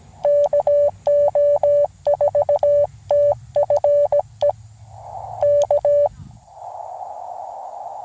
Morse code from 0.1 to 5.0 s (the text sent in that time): KO4TFE